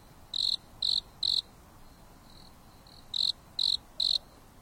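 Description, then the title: Insect chirps in two sets of three bright high pulses, a quiet gap between, with soft background hiss. Insects singing leisurely at night on a mountain top under a starry sky, with a gentle breeze. "There is a gentle breeze blowing on the top of the mountain under the starry sky, and the insects are singing leisurely."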